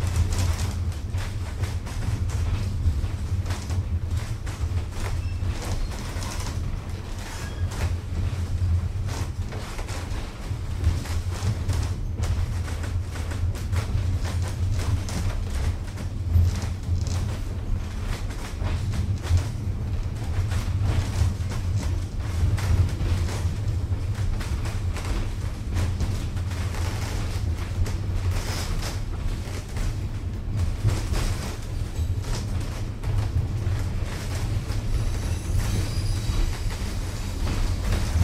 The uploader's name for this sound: Trainscape